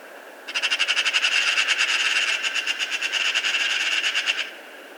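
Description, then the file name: Eurasian magpie delivering a single harsh, rapid rattle lasting about four seconds, steady in pace and then stopping abruptly. "Pica pica"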